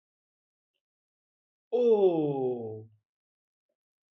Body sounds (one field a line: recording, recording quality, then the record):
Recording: sustained vowel as in boot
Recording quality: excellent, no background noise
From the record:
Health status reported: healthy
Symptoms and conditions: none ticked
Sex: male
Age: 25 years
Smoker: not ticked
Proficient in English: yes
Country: India